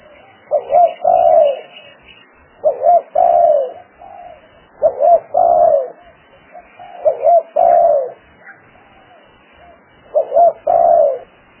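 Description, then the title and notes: Spotted dove cooing in regular phrases of short notes ending in a long soft coo, roughly every two to three seconds, with faint quieter coos between. Lure calls used for trapping spotted doves. "Pikat Burung Tekukur. suara burung tekukur"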